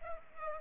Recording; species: mosquito wingbeat signal from an infrared sensor; Culex pipiens